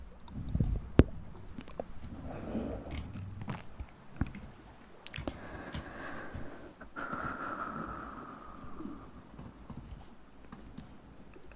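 Quiet mouth sounds: wet clicks, smacks and soft chewing-like crunches, with a sharp click near the start. Between them come rustling hand movements and a faint, brighter sweeping tone around six to nine seconds over a low murmur.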